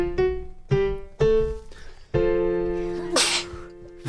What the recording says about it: I was trying really hard not to. Sneezed out of excitement.